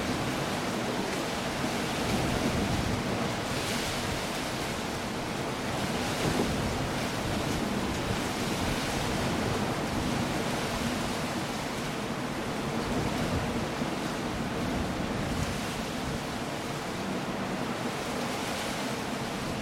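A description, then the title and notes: A blustery coastal storm roars without pause, thick and hissing from low rumble to bright spray. Surf and wind blend into one dense wash that swells slightly every few seconds, with stronger pushes near 3, 6, 9 and 15 seconds. Tonight we transport you to the rugged coastline of the southwestern shores of England (Cornwall to be precise). A blustery storm. The Coastal Storm.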